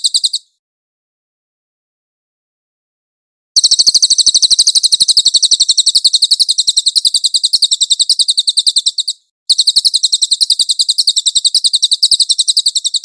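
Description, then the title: Cililin song in long bursts of quick, shrill repeated notes, with a pause near the start and a brief break before the trill continues. Cililin song used as a master for training songbirds. "SUARA BURUNG CILILIN"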